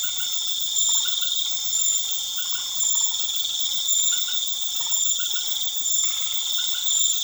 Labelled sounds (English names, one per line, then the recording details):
none
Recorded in pastures near Puerto Asís, Putumayo, Colombia, on 12 March 2025 at 21:30
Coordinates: 0.487, -76.322
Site G077